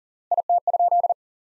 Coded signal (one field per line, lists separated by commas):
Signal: Morse code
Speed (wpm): 37 wpm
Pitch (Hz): 700 Hz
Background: none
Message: IT?